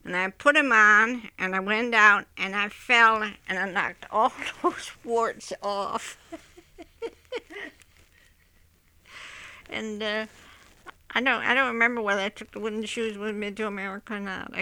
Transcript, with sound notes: And I put them on, and I went out, and I fell, and I knocked all those warts off. (she laughs) And, I don't, I don't remember whether I took the wooden shoes with me to America or not.